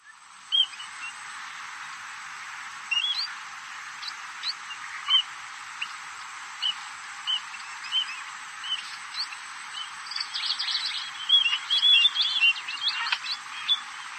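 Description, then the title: Red-throated parrotfinch giving short, high, thin call notes, repeated roughly every second or two, over a steady hiss of background noise with a busier burst of chirps near the end. "Erythrura Psittacea"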